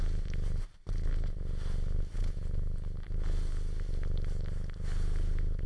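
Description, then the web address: Cat purring, a deep steady rumble with soft wet suckling clicks over it, briefly breaking off near the start before resuming. Cat purring while suckling. "cat purring and suckling"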